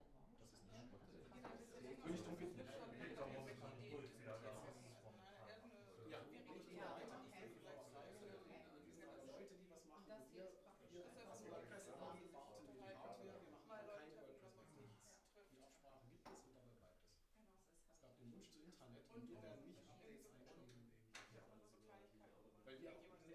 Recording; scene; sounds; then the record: everyday scene through a hearing-aid microphone; many people talking; many voices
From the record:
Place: bistro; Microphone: behind the ear, right, front